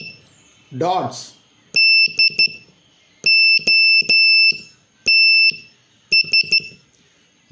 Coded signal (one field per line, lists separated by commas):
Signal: Morse code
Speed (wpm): 12 wpm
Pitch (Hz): 2650 Hz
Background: speech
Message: DOTS